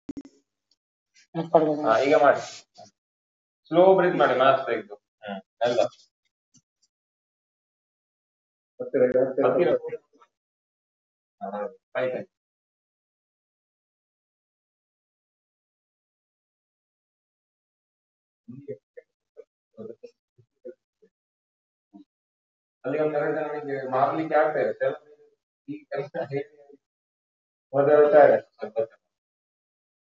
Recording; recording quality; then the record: shallow breathing; poor, much background noise or distortion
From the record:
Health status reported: COVID-19 positive, moderate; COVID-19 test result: positive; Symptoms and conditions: cough, cold, breathing difficulty, sore throat, fever, fatigue, diabetes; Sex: male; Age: 45 years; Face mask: worn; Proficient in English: yes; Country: India